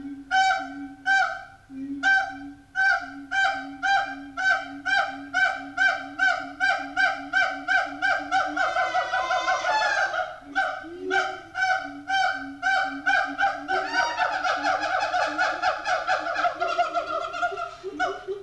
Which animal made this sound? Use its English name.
Siamang